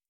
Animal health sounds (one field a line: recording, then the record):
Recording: hydrophone in a shrimp aquaculture tank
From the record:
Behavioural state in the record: starved